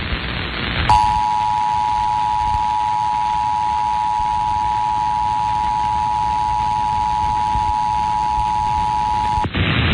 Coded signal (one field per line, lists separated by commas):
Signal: Emergency Alert System (SAME) tones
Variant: 853 and 960 Hz attention tone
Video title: WXYT-FM EAS Tests November 2011